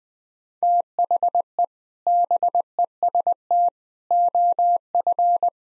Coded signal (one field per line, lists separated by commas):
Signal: Morse code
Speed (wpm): 19 wpm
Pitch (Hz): 700 Hz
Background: none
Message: THE BEST OF